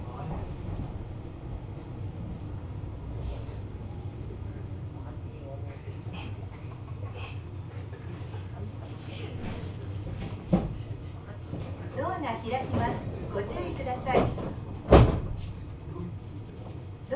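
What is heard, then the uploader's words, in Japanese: A steady low rumble of a train interior, with voices talking and sharp clacks near 10.5 and 15 seconds. 名鉄尾西線 玉ノ井→名鉄一宮→津島→弥富。名前の通り尾張の西側を走るのでほぼ単線区間ですが、乗車率はそこそこあります。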